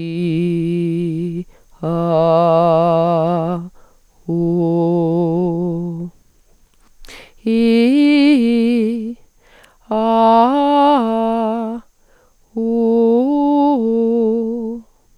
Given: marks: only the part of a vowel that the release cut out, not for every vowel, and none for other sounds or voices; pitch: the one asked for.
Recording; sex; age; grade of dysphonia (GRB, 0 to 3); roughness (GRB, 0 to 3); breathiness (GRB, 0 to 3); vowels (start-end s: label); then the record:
sustained vowels; female; 30 to 39 years; 0; 0; 0
0.21-1.24 s: vowel /i/, low pitch
2.15-3.35 s: vowel /a/, low pitch
4.44-5.46 s: vowel /u/, low pitch
7.55-8.81 s: vowel /i/, low-high-low pitch
10.06-11.48 s: vowel /a/, low-high-low pitch
12.76-14.37 s: vowel /u/, low-high-low pitch
From the record:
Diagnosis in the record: dysodia (singing voice disorder); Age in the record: 38 years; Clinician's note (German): Überlastungssyndrom bei ausgebildeter Sopranstimme